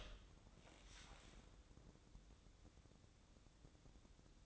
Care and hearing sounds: daily activity, microphone in the room; open door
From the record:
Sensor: 3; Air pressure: 1012.3 hPa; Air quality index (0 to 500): 175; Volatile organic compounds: 3 ppm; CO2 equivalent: 1343 ppm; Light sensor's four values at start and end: 594/1476/611/627 and 593/1475/610/627

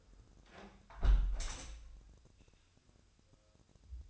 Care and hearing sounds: daily activity, microphone in the room; close window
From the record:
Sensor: 2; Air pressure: 1014.8 hPa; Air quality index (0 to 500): 28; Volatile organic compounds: 1 ppm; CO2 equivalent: 520 ppm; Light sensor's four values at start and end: 8/19/8/8 and 8/19/8/8

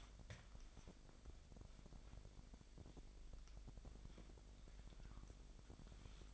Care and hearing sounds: daily activity, microphone in the room; wipe stove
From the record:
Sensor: 5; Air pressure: 1001.7 hPa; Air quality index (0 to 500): 181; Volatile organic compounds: 11 ppm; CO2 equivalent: 2318 ppm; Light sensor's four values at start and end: 24/80/31/32 and 24/79/30/31

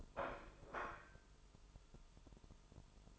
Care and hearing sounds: daily activity, microphone in the room; place plate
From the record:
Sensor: 5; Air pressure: 988.7 hPa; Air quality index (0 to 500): 236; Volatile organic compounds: 196 ppm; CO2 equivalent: 4201 ppm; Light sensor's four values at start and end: 40/125/48/52 and 40/125/48/52

